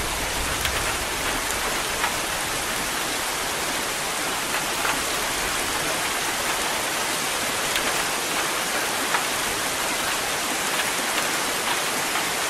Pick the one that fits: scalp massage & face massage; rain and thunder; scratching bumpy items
rain and thunder